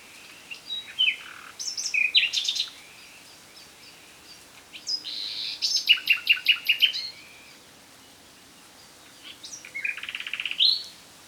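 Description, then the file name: Common nightingale song in three varied bursts: sweet whistles, rich gurgling notes and rapid repeated trills, with short pauses between phrases and quiet background noise. "Luscinia megarhynchos"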